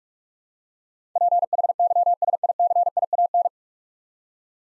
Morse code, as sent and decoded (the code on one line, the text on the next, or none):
.--. .... -.-- ... .. -.-. .. .- -.
PHYSICIAN